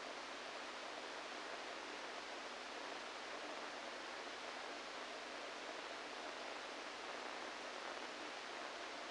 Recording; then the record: brain microelectrode recording played as sound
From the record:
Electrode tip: inside the subthalamic nucleus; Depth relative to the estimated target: 0 mm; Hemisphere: right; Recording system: NeuroSet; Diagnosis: Parkinson's disease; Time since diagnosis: 14 years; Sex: male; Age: 51 years